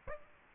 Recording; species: mosquito wingbeat signal from an infrared sensor; Aedes aegypti